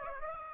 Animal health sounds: mosquito wingbeat signal from an infrared sensor; Aedes aegypti

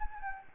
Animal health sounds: mosquito wingbeat signal from an infrared sensor; Anopheles gambiae

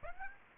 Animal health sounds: mosquito wingbeat signal from an infrared sensor; Aedes aegypti

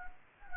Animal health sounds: mosquito wingbeat signal from an infrared sensor; Anopheles gambiae

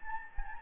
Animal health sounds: mosquito wingbeat signal from an infrared sensor; Anopheles gambiae

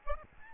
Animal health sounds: mosquito wingbeat signal from an infrared sensor; Aedes albopictus

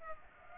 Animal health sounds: mosquito wingbeat signal from an infrared sensor; Culex pipiens

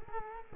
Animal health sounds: mosquito wingbeat signal from an infrared sensor; Culex quinquefasciatus

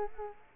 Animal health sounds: mosquito wingbeat signal from an infrared sensor; Culex quinquefasciatus

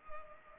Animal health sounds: mosquito wingbeat signal from an infrared sensor; Culex pipiens

